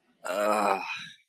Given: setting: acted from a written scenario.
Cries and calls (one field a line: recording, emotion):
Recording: vocal sound without words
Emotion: ecstasy